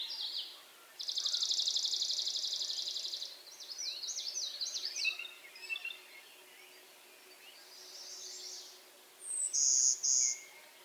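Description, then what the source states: Golden-winged x Blue-winged Warbler hybrid song: a flat buzzy trill lasting about two seconds, then jumbled chirpy notes, a softer buzz, and a loud, bright, very high note near the end. Hybrid of Golden-winged and Blue-winged Warbler (Vermivora chrysoptera x cyanoptera).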